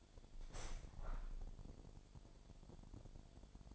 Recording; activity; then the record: daily activity, microphone in the room; open window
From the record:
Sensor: 5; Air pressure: 1006.6 hPa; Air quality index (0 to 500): 190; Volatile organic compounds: 5 ppm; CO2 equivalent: 1809 ppm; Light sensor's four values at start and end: 56/160/62/63 and 56/160/62/63